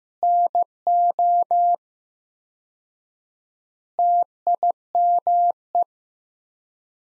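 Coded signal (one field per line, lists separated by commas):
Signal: Morse code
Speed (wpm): 15 wpm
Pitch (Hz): 700 Hz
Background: none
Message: NO TIME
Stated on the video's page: Morse sentence practice from the top 400 words at 15 wpm with 4x word spacing, a Farnsworth-like method.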